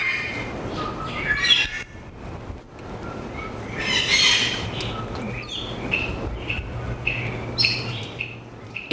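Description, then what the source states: Puerto Rican Parrot squawks, scattered and harsh, rise from a steady noisy background with a constant low hum; a few louder shrieks near the start and middle. Wild, free-living parrots of the El Yunque population, Puerto Rico; one of four distinct vocal dialects that vary by area and by captive or wild status.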